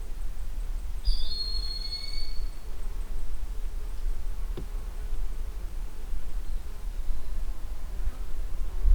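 Broad-winged hawk giving a single high, thin whistle that starts sharply and trails off, followed by a faint click, with continuous low noise underneath.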